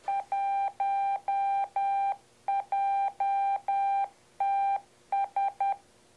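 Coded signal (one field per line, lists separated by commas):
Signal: Morse code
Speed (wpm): 10 wpm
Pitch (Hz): 790 Hz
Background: none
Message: 1JTS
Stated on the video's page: Morse from a ham radio fox box, a hidden transmitter for fox hunting.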